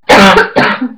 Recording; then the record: coughing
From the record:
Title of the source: Barking cough - # 10